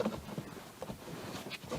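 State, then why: Not seated. A new pleated cabin air filter is slid into the plastic housing slot behind the glovebox of a 2014-2018 Mazda3 and pushed in. Soft scraping and handling noise is heard, with brief sharp knocks at 0.0 and 0.8 seconds. Nothing has seated or clicked into place yet.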